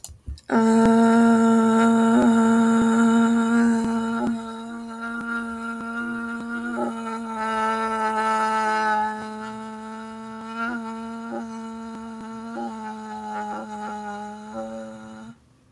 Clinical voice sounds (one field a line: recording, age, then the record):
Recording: vowel held as long as possible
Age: 20 to 29 years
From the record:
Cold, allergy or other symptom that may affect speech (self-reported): no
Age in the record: 22 years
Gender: other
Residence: New York, United States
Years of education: 16